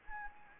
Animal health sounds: mosquito wingbeat signal from an infrared sensor; Anopheles gambiae

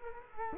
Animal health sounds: mosquito wingbeat signal from an infrared sensor; Culex quinquefasciatus

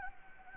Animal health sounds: mosquito wingbeat signal from an infrared sensor; Anopheles gambiae

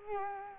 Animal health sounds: mosquito wingbeat signal from an infrared sensor; Culex quinquefasciatus

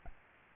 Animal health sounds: mosquito wingbeat signal from an infrared sensor; Aedes albopictus

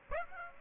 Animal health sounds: mosquito wingbeat signal from an infrared sensor; Aedes aegypti

